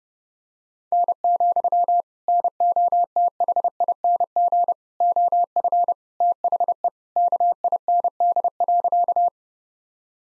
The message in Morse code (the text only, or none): N, NOTHING OF THE KIND.